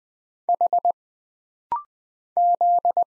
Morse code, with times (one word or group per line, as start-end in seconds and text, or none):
0.5-0.9 H
2.4-3.0 Z